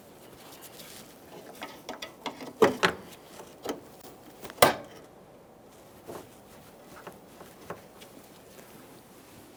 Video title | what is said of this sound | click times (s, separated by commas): How to Replace Radiator 1994-2001 Dodge Ram 1500 5.2L V8 | you just go ahead and line it up and press it straight towards the radiator we're going to listen for our click and give it a light tug trying to remove it it should not | 4.6 s